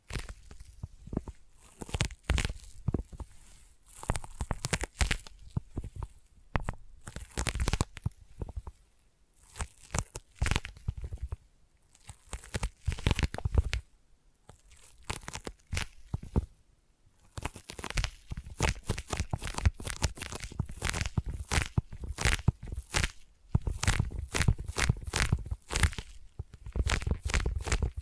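Intense sticky tapping and sticky triggers: dense bursts of crackling, peeling clicks that snap on and off rapidly. The sound comes in clusters with brief quiet gaps around 9, 14 and 17 seconds, then grows fuller and busier toward the end.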